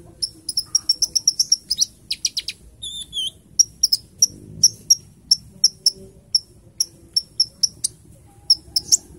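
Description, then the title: Small bird giving sharp, very high chirps in a steady series, with a brief buzzy trill early on. "Burung Kecil 1"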